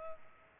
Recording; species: mosquito wingbeat signal from an infrared sensor; Culex pipiens